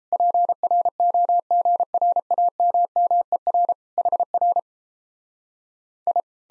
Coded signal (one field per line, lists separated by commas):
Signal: Morse code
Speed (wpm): 37 wpm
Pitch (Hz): 700 Hz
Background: none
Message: PROGRAMMER HR I